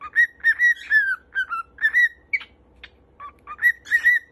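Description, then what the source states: Cockatiel whistling a string of clear, slightly wavering notes, some rising and some falling, in quick bursts with short gaps between them. Several cockatiels singing and whistling.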